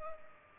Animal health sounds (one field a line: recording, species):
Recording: mosquito wingbeat signal from an infrared sensor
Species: Culex pipiens